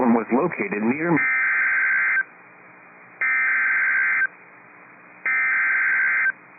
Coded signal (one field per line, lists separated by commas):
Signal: Emergency Alert System (SAME) tones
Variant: header bursts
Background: speech